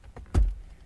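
A finger slides behind a plastic trim piece in the center dashboard of a 1974 Corvette C3 and pulls it off its snap clip. A few faint ticks come first, then a sharp, low-heavy pop at 0.4 s. The trim piece releases free of its snap.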